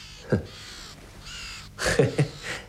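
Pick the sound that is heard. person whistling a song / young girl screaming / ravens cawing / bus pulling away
ravens cawing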